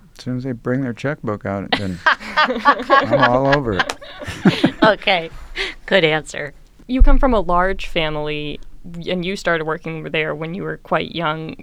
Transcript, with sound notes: As soon as they bring their checkbook out, and then I'm all over it. [Laughter]
Good answer.
You come from a large family, and you started working there when you were quite young.